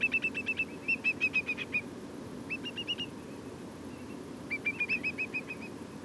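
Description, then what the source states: Whimbrel piping calls: rapid runs of clear, even whistled notes, several bursts of two to eight notes with short gaps, over steady low background noise. Several whimbrels, lots of piping calls, recorded at Portland.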